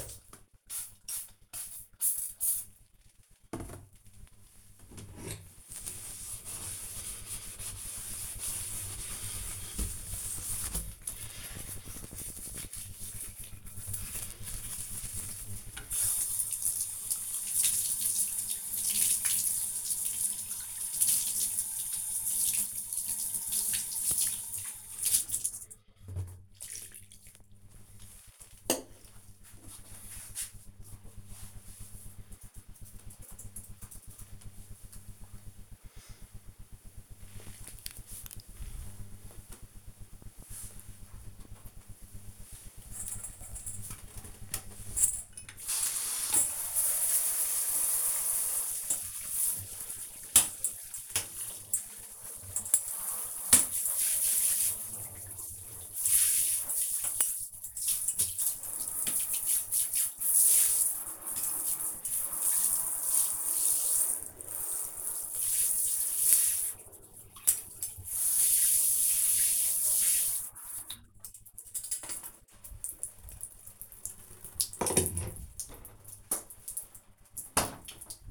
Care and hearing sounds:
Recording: household activities, microphone on the right wrist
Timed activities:
0.00-30.38 s: bathroom cleaning (bathtub)
41.46-78.31 s: bathroom cleaning (bathtub)

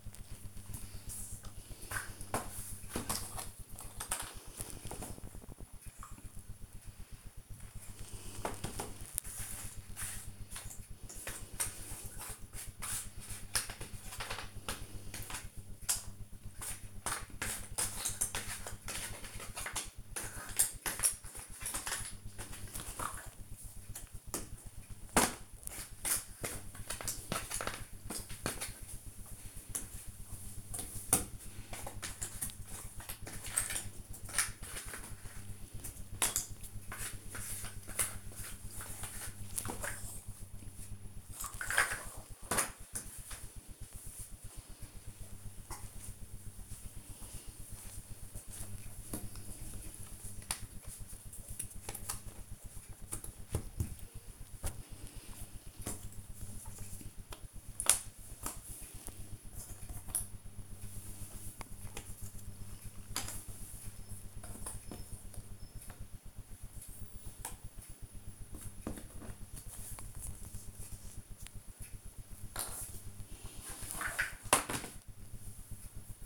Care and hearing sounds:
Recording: household activities, microphone on the right wrist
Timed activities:
0.00-34.43 s: doing a puzzle
35.43-76.25 s: doing a puzzle

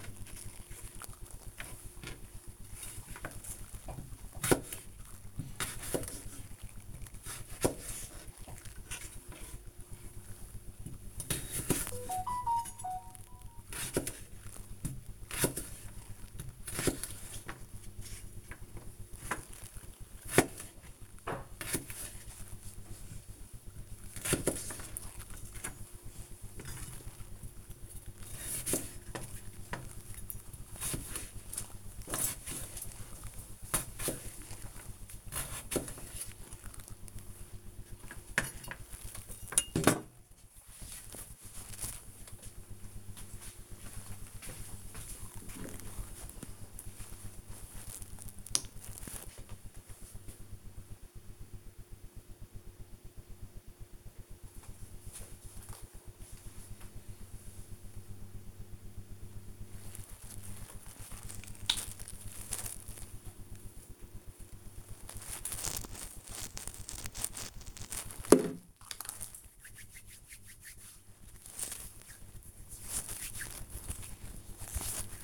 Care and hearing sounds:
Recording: household activities, microphone on the right wrist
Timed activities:
0.00-38.83 s: cutting vegetables
59.96-75.23 s: cream hands

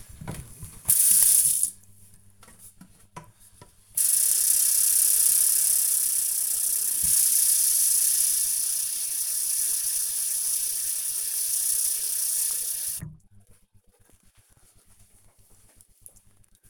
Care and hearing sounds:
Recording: household activities, microphone on the right wrist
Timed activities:
0.08-16.70 s: watering plant

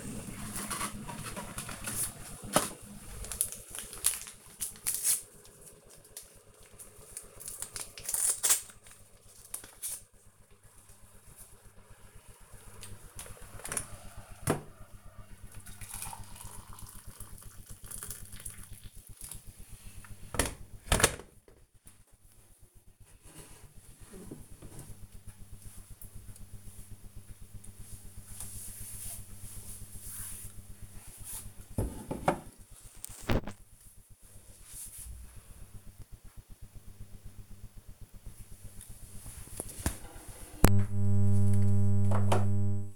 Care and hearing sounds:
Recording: household activities, microphone on the right wrist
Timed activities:
0.00-21.51 s: making tea

